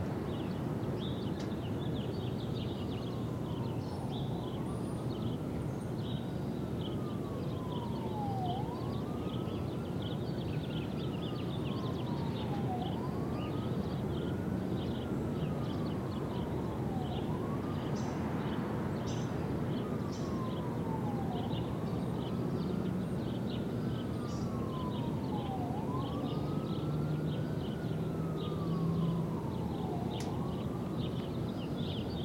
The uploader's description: Rooftop Brooklyn, NY - Bushwick